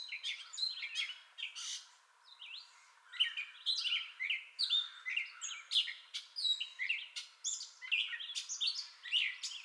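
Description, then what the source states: Gray catbird song, a rapid, varied jumble of squeaky, scratchy and whistled phrases, with a short pause near two seconds. Entire song bout, recorded 2021-05-30.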